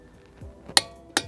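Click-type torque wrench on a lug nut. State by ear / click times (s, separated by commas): torque reached / 0.8 s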